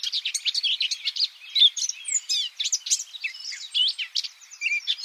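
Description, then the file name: Eurasian blackcap song: bright, fast twittering and warbled phrases, packed closely together throughout the short stretch. "Sylvia atricapilla"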